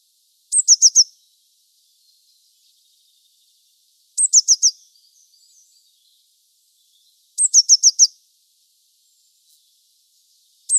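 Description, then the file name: Eurasian blue tit song: three and a bit phrases about every three and a half seconds, each a high sharp note followed by a rapid series of several lower, bright notes. "Cyanistes caeruleus"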